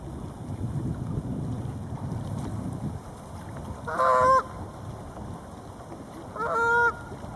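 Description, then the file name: Goose honking: two loud, nasal, harmonic honks about two and a half seconds apart, over low rumbling background noise. "Galuu goose"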